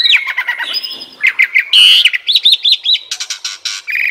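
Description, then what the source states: Asian pied starling song, busy mix of chattering notes, a loud buzzy whistle and a quick run of repeated rising notes. Used to train cage birds that sing too little or are sluggish.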